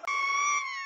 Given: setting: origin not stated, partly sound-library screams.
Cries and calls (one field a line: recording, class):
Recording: one-second piece from a danger detection set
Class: woman in danger